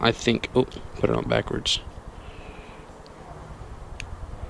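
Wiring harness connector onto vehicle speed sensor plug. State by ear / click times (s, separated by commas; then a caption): seated / 4.0 s. A wiring harness connector, first put on backwards, is turned around and pushed onto a vehicle speed sensor plug while someone talks. After a brief quiet stretch with a faint tick, it seats with a sharp little click at 4.0 s.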